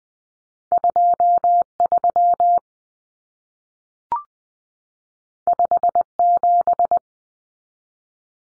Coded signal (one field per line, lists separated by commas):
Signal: Morse code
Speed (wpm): 20 wpm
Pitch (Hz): 700 Hz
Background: none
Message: 23 57